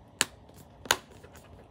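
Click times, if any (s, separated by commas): 0.2 s, 0.9 s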